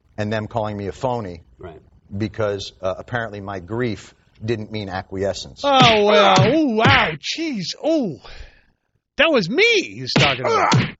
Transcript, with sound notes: And them calling me a phony --
Right.
-- because, apparently, my grief didn't mean acquiescence. [audio clip of punching noises]
ooh, ouch, geez, ooh. That was me he's talking about.